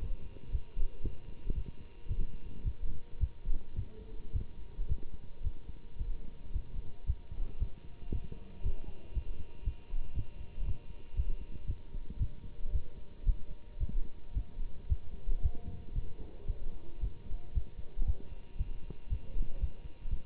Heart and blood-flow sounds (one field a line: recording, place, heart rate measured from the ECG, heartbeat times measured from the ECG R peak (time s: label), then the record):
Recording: heart sounds by stethoscope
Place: between the tricuspid and mitral areas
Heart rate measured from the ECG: 113 bpm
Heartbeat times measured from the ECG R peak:
0.51 s: heartbeat
1.02 s: heartbeat
1.54 s: heartbeat
2.08 s: heartbeat
2.63 s: heartbeat
3.19 s: heartbeat
3.75 s: heartbeat
4.32 s: heartbeat
4.88 s: heartbeat
5.43 s: heartbeat
5.98 s: heartbeat
6.52 s: heartbeat
7.06 s: heartbeat
7.59 s: heartbeat
8.11 s: heartbeat
8.63 s: heartbeat
9.14 s: heartbeat
9.64 s: heartbeat
10.14 s: heartbeat
10.65 s: heartbeat
11.15 s: heartbeat
11.66 s: heartbeat
12.18 s: heartbeat
12.72 s: heartbeat
13.25 s: heartbeat
13.79 s: heartbeat
14.33 s: heartbeat
14.88 s: heartbeat
15.42 s: heartbeat
15.94 s: heartbeat
16.47 s: heartbeat
17.00 s: heartbeat
17.53 s: heartbeat
18.06 s: heartbeat
18.57 s: heartbeat
19.09 s: heartbeat
19.60 s: heartbeat
20.10 s: heartbeat
From the record:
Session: Bruce protocol treadmill stress test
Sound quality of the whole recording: good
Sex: male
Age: 24 years